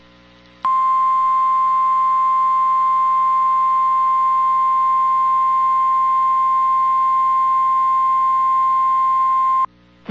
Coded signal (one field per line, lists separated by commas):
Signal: Emergency Alert System (SAME) tones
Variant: 1050 Hz attention tone